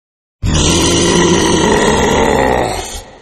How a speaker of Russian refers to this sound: Внезапно раздался ужасающий рев, перекрывший грохот падающих плит.